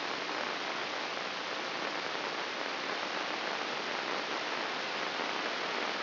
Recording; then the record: brain microelectrode recording played as sound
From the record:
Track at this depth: inside the subthalamic nucleus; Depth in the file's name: 5.861 mm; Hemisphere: left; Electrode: 3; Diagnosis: Parkinson's disease